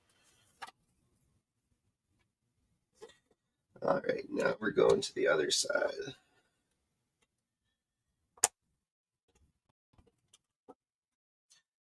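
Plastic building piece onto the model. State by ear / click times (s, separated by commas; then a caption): seated / 8.4 s. Someone talks while building a model, then presses a plastic building piece into place on the other side of it. A sharp, loud click at 8.4 s marks the piece seating firmly, with only faint small ticks before and after.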